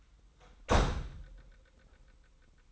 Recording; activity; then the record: daily activity, microphone in the room; close door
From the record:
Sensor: 3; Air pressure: 990.4 hPa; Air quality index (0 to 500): 170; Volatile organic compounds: 1000 ppm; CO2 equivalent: 5485 ppm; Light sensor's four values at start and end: 48/112/46/43 and 48/112/46/43